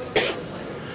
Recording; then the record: coughing mixed with background sound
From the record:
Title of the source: 61 morning phlegmy cough...again